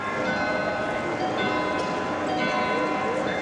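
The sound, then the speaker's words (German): The famous Glockenspiel carillon of Munich's town hall chimes in front of its neo-Gothic facade, its bells sounding overlapping, sustained metallic tones at a steady, fairly loud level, with a faint murmur of voices from tourists beneath. “Vor der neugotischen Zuckerbäckerfassade des Münchner Rathauses stehen Touristen aus aller Welt und bestaunen das berühmte Glockenspiel.”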